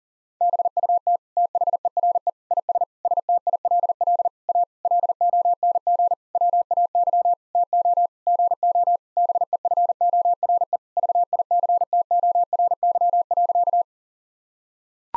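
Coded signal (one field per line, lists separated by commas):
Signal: Morse code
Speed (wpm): 40 wpm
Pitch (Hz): 700 Hz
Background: none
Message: BUT THERE IS STILL A LONG WAY TO GO BEFORE VICTORY.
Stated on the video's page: Morse practice at 40 wpm: sentences built from common nine-word phrases, each sent in Morse, spoken, then sent again.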